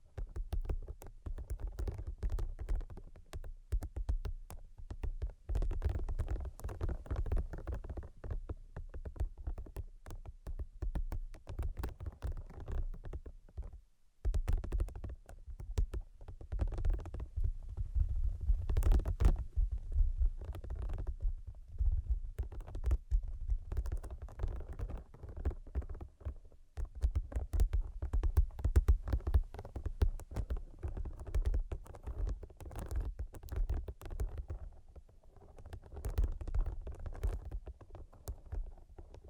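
Brain-penetrating 3D tapping: dense, irregular taps and light knocks run almost without pause, each a sharp click over a soft low thump. The pace shifts between busy flurries and sparser stretches, with a brief silent break near fourteen seconds before the tapping resumes.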